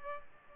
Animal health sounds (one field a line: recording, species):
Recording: mosquito wingbeat signal from an infrared sensor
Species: Culex pipiens